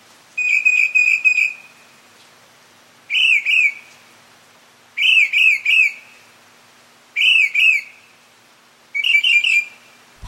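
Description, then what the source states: Mockingbird song, repeated phrases of slurred whistled notes given in groups of two to four, separated by short pauses. Male.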